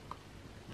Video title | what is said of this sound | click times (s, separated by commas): COMMENT CHANGER UNE TOUCHE PAPILLON SUR MACBOOK [TUTO] | Vous avez entendu le clic. | 0.1 s